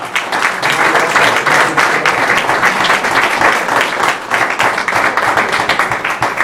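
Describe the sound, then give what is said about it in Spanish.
A crowd applauds steadily, dense overlapping claps forming a loud, continuous wash of sound that holds its intensity throughout with no voices standing out, applauding their wives. “Dale un aplauso a tu doña, que esa es la mujer virtuosa.”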